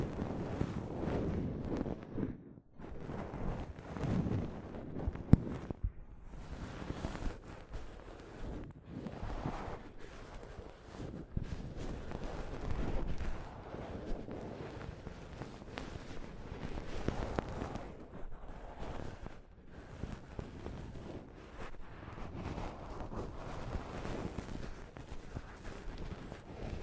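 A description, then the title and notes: Soft fabric brushing over a microphone makes a dense, low rustling rumble that swells and dips continuously, with brief gaps near three and five seconds. ASMR Mic Brushing using Soft Fabric (No Talking).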